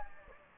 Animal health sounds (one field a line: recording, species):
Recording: mosquito wingbeat signal from an infrared sensor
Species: Anopheles gambiae